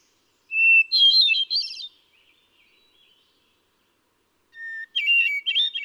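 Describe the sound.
Hermit thrush song: a whistled note with a flowing fluty flourish, a pause, then a lower opening whistle and another ethereal tumbling phrase.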